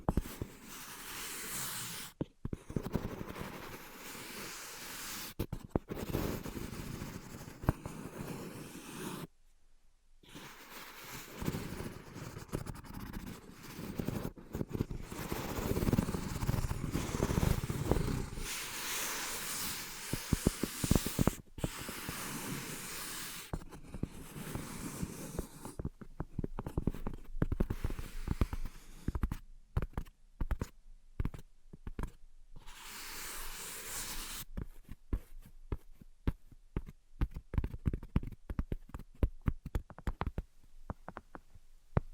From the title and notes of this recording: ASMR Invisible Tapping and Scratching (No Talking).